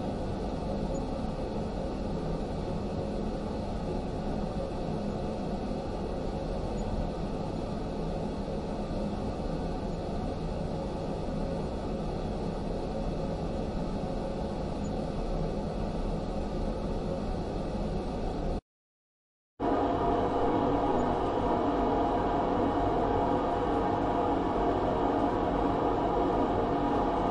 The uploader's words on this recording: Fan sounds, constant fan sleep sounds.